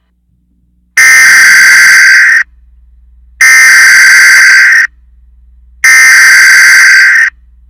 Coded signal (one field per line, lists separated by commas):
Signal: Emergency Alert System (SAME) tones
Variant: header bursts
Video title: Nick Jr emergency alert system